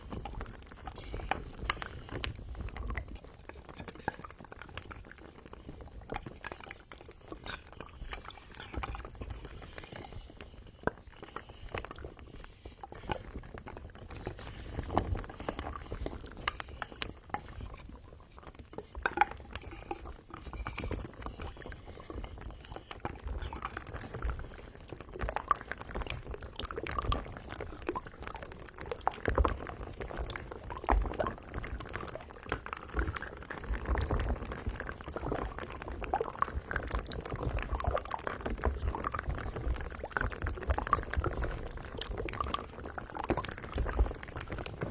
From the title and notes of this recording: The massage SPA with ASMR wood products provides ultimate numbness, comfort and relaxation.